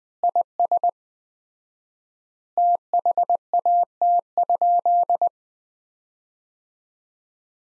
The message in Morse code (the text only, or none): IS THAT?